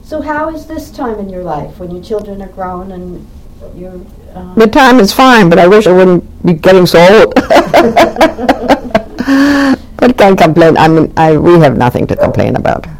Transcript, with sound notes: So how is this time in your life, when your children are grown and you're —
The time is fine, but I wish I wouldn't be getting so old. [Laughs] But I can't complain. I mean I — we have nothing to complain about.